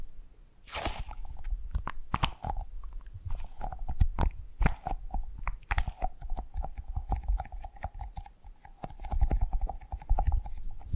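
Rapid, irregular tapping and crunchy gripping sounds, sharp clicks clustered densely throughout, over a faint steady mid-pitched tone and low rumble.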